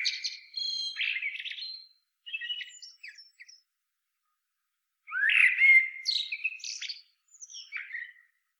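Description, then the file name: Common blackbird song in two bursts, fluted whistles and scratchy squeaks, the second burst louder with a sweeping rising whistle and high trailing notes. "Turdus merula"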